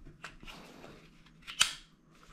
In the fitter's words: do kliknięcia